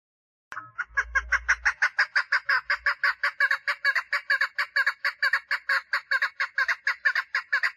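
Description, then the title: Partridge song: a sustained, rapid series of harsh notes, with faint low thumps near the start. "Perdiz Cantando"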